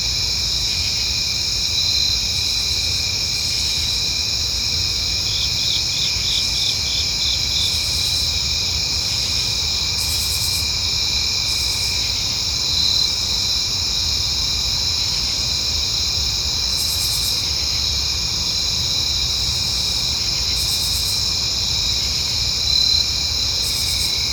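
A night forest chorus of crickets and other insects trills in several steady high layers without pause. Sharper, very high buzzing pulses break in every few seconds, a brief rattling call appears around six seconds, and a soft low rumble sits underneath.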